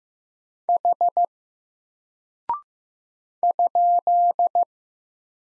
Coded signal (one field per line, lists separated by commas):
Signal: Morse code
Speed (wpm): 15 wpm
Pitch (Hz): 700 Hz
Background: none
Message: H ?